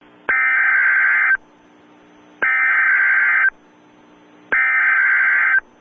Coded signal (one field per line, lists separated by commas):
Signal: Emergency Alert System (SAME) tones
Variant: header bursts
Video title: EAS Valentine’s Day Special: Drunk Cupid Alert (EAS Comedy)